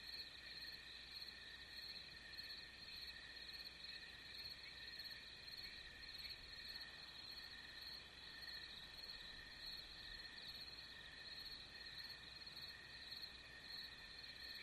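Crickets keep up a continuous layered trill, high and even.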